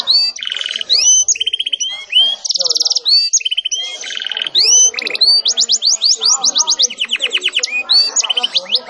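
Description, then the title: Canary song of varied phrases: clear upslurred whistles, buzzy rolls and rapid trills alternating in quick succession. Canary song described as vigorous, insistent and with long rolls, meant to make other canaries answer at once. "LANGSUNG NYAUT GACOR DOR Kenari Manasaja, Dengan Kicau Kenari GACOR NGOTOT ROLL PANJANG"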